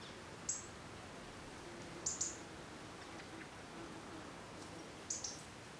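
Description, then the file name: European robin giving thin, very high, short call notes, single or doubled, spaced a second or more apart, over steady low background hiss. "Erithacus rubecula"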